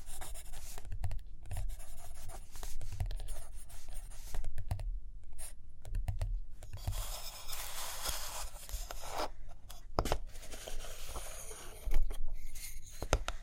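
Pen or pencil scratches across paper in short irregular strokes, with dry rustles, soft taps, and low thumps throughout, bunching around eight seconds.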